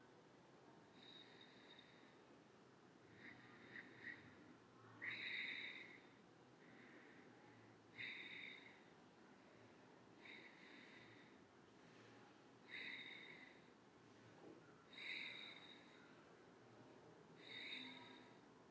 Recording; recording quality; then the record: shallow breathing; excellent, no background noise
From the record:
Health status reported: COVID-19 positive, mild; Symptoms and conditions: cough, fever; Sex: female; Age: 50 years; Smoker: not ticked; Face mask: not worn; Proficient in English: yes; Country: India